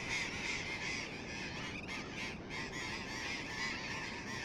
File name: tomas miguel - loros barranqueros